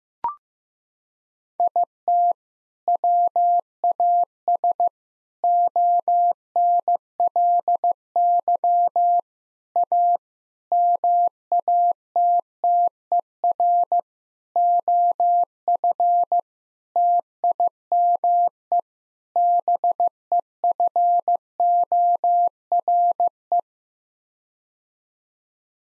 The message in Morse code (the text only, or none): IT WAS ONLY A MATTER OF TIME BEFORE